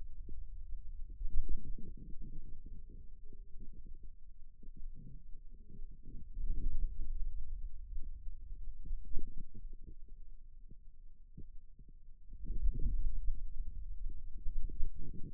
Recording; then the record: forearm muscle sounds (acoustic myography)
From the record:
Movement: ulnar deviation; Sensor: system 2, bracelet of six BSWA MPA416 microphones around the upper forearm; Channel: 5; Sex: male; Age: 22 years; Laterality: right